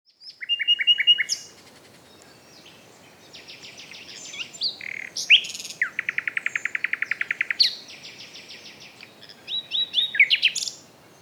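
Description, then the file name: Common nightingale song: a few piping whistles, then long runs of rapid repeated notes separated by short pauses, over a soft hiss. "Luscinia megarhynchos"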